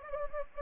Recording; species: mosquito wingbeat signal from an infrared sensor; Anopheles gambiae